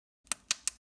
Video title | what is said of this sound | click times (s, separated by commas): Keyboard Key and Hinge clip Installation Guide for AC38 HC38 AS38 DC38 | tacky cap over the hinge once a line push down and it should click into place | 0.3 s, 0.5 s, 0.7 s